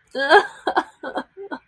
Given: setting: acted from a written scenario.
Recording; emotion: vocal sound without words; sadness